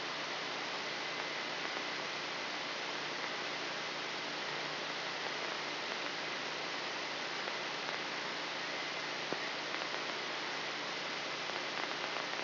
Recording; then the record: brain microelectrode recording played as sound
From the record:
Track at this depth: outside the subthalamic nucleus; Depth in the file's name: 5.106 mm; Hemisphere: left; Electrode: 3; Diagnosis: Parkinson's disease